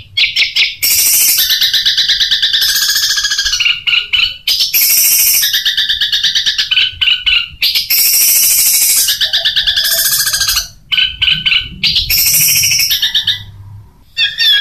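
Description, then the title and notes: Long-tailed shrike pouring out dense, varied song: loud grating rattles, buzzy trills and scratchy chatter in bursts with brief gaps throughout. Cage-bird training recording of the 'tembakan' song style, variation 1. "Suara Burung Cendet Tembakan Variasi 1. Masteran Burung Cendet"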